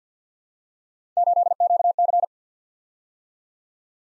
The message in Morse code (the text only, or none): 8QC